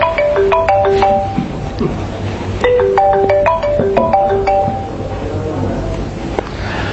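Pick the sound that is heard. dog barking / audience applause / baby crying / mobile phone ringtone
mobile phone ringtone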